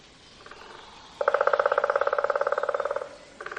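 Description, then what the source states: Woodpecker giving a fast rattling series of pulses lasting nearly two seconds, preceded by a fainter burst and followed by another starting. Recorded in the Zilbeti beech forest in the Navarrese Pyrenees.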